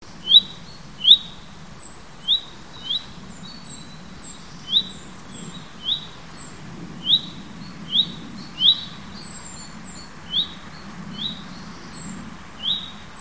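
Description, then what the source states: Bird giving brief high chirps in an uneven series, with thinner, even higher notes scattered between them, over a low steady hum. Native hedge bird, recorded in March.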